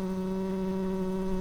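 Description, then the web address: Tree bumblebee buzz: a steady, even drone with a strong low hum and clear overtones, unbroken throughout over a faint hiss. Workers. "Hypnorum workers"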